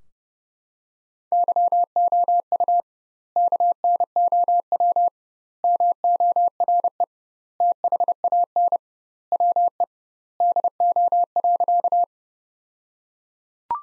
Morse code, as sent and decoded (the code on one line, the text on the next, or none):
-.-- --- ..- / -.- -. --- .-- / -- --- .-. . / - .... .- -. / .-- . / -.. --- .-.-.-
YOU KNOW MORE THAN WE DO.